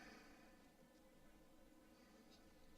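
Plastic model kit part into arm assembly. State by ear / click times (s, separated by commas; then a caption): not seated / none. A plastic arm/hand part from an HG Zaku Police model kit is handled and pushed toward its place in the arm assembly, with only steady low background hum and faint handling noise. Nothing has seated or clicked yet; the part was not all the way in earlier because no click had been heard.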